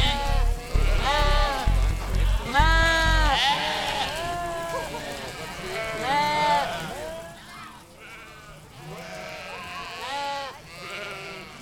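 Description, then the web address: Goat bleats, wavering nasal cries with rich harmonics, several overlapping in the first seconds, then softer scattered bleats with low background rumble. "giggitygoo. goats"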